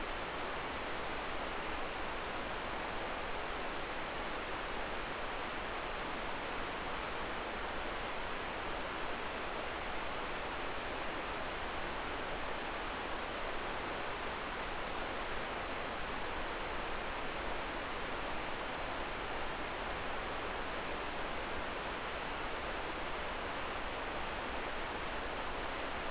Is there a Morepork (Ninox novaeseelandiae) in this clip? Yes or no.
no